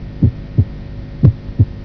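An adult heart heard through a stethoscope: two full cycles of paired low thuds, a first and second heart sound, repeat at a steady rate of about 60 beats a minute. No added sounds stand out between the beats.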